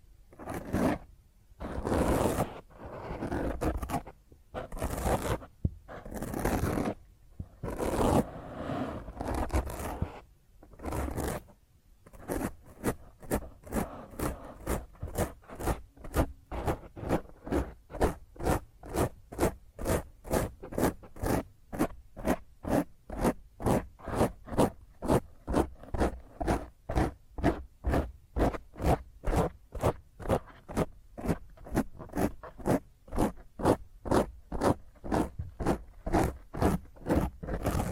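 Fingernails scratch hard and roughly across a microphone. For the first twelve seconds the strokes come in uneven, longer bursts with short gaps; after that they settle into a quick, steady rhythm of short, bright rasps, about two or three per second, to the end.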